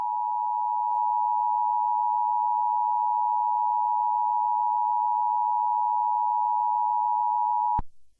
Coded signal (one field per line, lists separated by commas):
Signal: Emergency Alert System (SAME) tones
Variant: 853 and 960 Hz attention tone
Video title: EAS Scenario Playhouse Disney